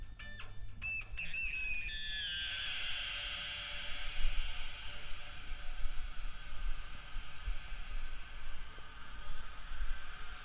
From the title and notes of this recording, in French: Parcours sonore. Une promenade sonore dans la Saline Royale d'arc et Senans, entre installation et performances. Ambiances, traces, déambulations, passages, résonance architecturale.